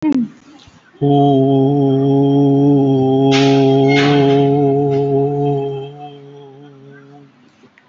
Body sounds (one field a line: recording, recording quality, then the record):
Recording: sustained vowel as in boot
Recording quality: excellent, no background noise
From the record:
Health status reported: COVID-19 positive, mild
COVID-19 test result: positive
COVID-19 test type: RT-PCR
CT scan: taken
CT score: 3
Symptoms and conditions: cough, cold, fever, loss of smell and taste, hypertension, diabetes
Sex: male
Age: 52 years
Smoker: no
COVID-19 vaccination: both doses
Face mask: not worn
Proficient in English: yes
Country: India